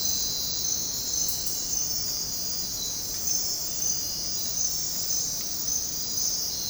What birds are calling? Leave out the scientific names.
none